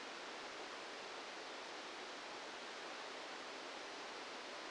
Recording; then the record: brain microelectrode recording played as sound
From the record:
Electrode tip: outside the subthalamic nucleus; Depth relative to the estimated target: -6 mm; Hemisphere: left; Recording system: NeuroSet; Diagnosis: Parkinson's disease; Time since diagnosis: 8 years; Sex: male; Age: 59 years